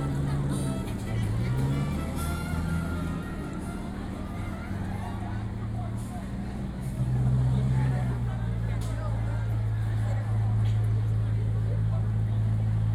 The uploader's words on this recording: Saturday at Disneyland Resort - Part 2 of 3. This audio adventure series, recorded live at disneyland resort contains lunch, a few rides and a LOT of the Disney sound experience.